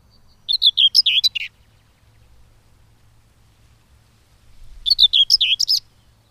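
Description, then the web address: Common whitethroat singing two short, rapid, grating phrases of jumbled notes, separated by a few seconds of silence. "agykontroll Madardalok Cd 2. Mezei poszáta"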